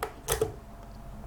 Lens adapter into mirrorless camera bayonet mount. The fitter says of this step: in twist and lock into place now everything's ready to use